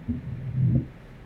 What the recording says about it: We're now at the apex of the left ventricle. This again is a diastolic murmur. This happens to be the murmur of mitral stenosis.